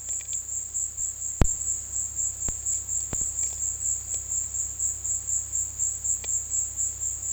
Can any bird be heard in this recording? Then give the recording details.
no. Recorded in dense forest near Puerto Asís, Putumayo, Colombia, on 20 February 2024 at 15:00. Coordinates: 0.485, -76.322. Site G6406